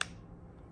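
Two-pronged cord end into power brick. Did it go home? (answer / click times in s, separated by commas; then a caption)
yes / 0.0 s. The two-pronged end of a WISAP Thermocoagulator power cord is pushed into its power brick and snaps into place with a single sharp click at 0.0 s. Only a faint low background hum follows. The plug is seated.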